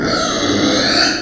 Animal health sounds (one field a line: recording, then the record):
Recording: squeal of a Yucatan mini pig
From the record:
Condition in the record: before surgery on the right vocal fold (resection and tissue-engineered implant)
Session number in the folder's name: 3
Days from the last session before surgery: 0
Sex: female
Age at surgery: 19 weeks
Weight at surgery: 25 kg